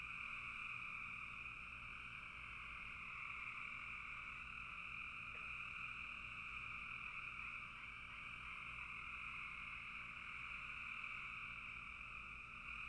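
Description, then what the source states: Frog chorus as an unbroken wall of high, trilled calls, holding steady with slight swells, low rumble faint beneath. Frogs calling in a bog.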